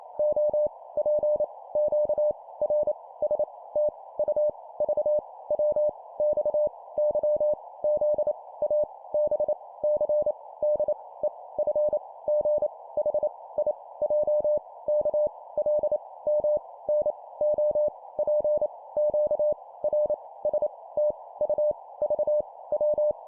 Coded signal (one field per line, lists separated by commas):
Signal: Morse code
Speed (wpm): 28 wpm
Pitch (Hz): 600 Hz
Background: none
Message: O P Q R S T U V W X Y Z A B C D E F G H I J K L M N O P Q R S T U V W